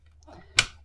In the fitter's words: and then push it down and make sure it snaps in and you'll hear this little green lever here snap into place